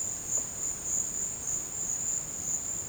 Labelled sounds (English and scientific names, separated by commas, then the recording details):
none
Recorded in dense forest near Puerto Asís, Putumayo, Colombia, on 24 March 2025 at 14:30
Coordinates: 0.481, -76.323
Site G088